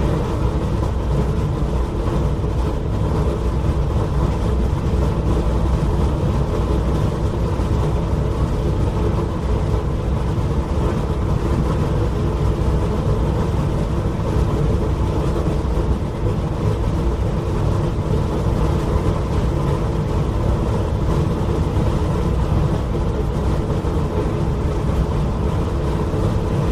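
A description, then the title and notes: A steady, dense rumble from inside a train cabin runs the full length without letup. Low droning tones dominate, with a faint hum holding in the middle range and a soft hiss above. Loudness stays even, with no distinct bumps or changes. Train Cabin Sound.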